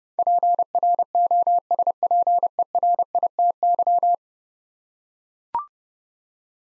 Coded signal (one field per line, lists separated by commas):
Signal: Morse code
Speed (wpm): 31 wpm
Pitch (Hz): 700 Hz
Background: none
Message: PROSPERITY